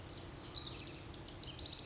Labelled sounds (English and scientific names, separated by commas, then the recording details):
House Wren (Troglodytes aedon)
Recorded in Sonoma County, California